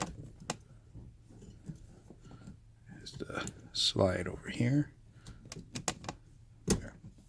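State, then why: Seated. Under the front seat of a Pontiac Grand Prix, the plastic wiring harness connector for the seat slide is pressed home into its socket while someone talks. Sharp plastic snaps ring out at 5.9 s and 6.7 s, and the connectors are confirmed locked into place.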